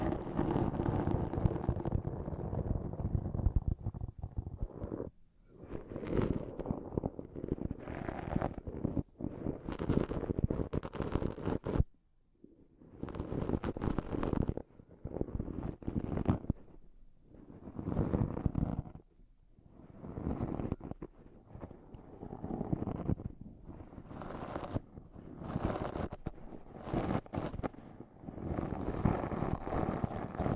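Repeated hard and soft stabs on the microphone thump low and muffled in irregular bursts, with brief silences near five, twelve and nineteen seconds.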